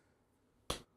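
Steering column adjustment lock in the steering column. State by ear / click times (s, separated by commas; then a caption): seated / 0.7 s. The adjustment lock on a salvaged car steering column being mounted in a sim rig is locked, giving one sharp click at 0.7 s against near silence. The steering column adjustment lock clicks into place and is seated.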